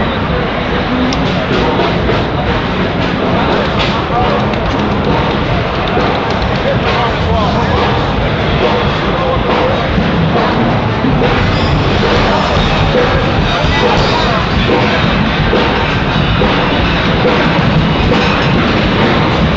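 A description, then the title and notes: A hall full of drums and percussion played all at once, merging into a dense, unbroken wash of clattering hits and rumble. The din stays loud and steady for the whole stretch, with strong low thumping under a busy, rattling top, and no single beat stands out. Every year, the National Association of Music Merchants holds its trade show at the Anaheim Convention Center in Anaheim, California. It features an entire hall of drum and percussion gear, all being played at once. The experience is something like being inside a jackhammer.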